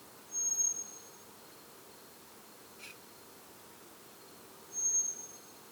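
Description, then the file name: Eurasian blackbird giving thin, high, drawn-out whistled notes, level in pitch, two calls about four seconds apart over a soft hiss. "Turdus merula"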